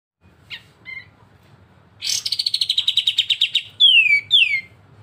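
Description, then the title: Streaked spiderhunter: a few soft notes, then a harsh burst leading into a quick falling run of sharp chips, ending with two loud downslurred whistles. Actively singing, clear and long song; recording used as a master song for training cage birds. "Pijantung Gunung Gacor Jernih Panjang"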